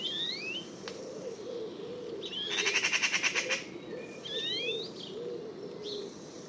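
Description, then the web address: Bird calls: short upward-sweeping whistles in pairs around one loud buzzy rattle, with a lower wavering sound repeating beneath. "cianscape birddata Deverinetal"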